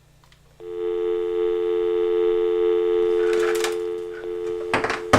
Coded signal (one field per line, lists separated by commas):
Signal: telephone call progress tone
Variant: North America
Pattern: dial tone